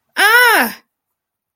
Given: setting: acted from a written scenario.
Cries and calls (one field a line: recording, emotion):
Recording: vocal sound without words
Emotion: pain